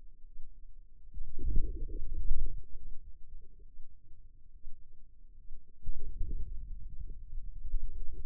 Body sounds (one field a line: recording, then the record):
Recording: forearm muscle sounds (acoustic myography)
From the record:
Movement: inward rotation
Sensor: system 2, bracelet of six BSWA MPA416 microphones around the upper forearm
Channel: 5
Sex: male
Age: 22 years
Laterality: right